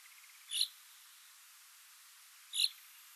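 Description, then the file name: Common chaffinch uttering two short, sharp call notes two seconds apart, with quiet hiss between them. "Fringilla coelebs"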